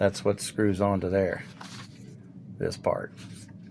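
Someone talks while handling the remote touchpad tail cap of an Olight Odin S weapon light, the part that screws onto the light body and turns until it locks in place. Between the speech there are only faint, soft handling sounds. Nothing has seated or clicked yet.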